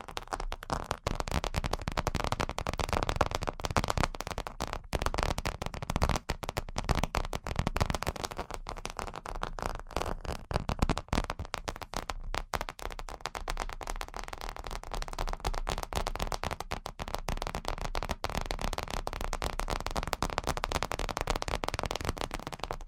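Rapid ASMR tapping runs without pause for the whole clip, a dense stream of sharp, crisp clicks, mostly too quick to count. The pace and loudness stay fairly even, with a few stronger taps standing out now and then and a faint low rumble underneath.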